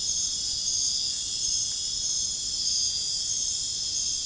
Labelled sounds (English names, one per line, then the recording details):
none
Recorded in pastures near Puerto Asís, Putumayo, Colombia, on 29 June 2025 at 23:00
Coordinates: 0.466, -76.322
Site GP07